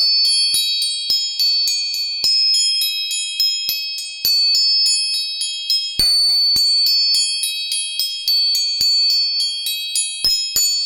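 Tuning forks are struck again and again, roughly two or three times a second, each tap a sharp metallic click followed by a bright, ringing high tone that sustains and overlaps the next. A louder, fuller strike lands near the six-second mark; otherwise the ringing stays steady and close.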